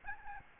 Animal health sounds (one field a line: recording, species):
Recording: mosquito wingbeat signal from an infrared sensor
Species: Aedes albopictus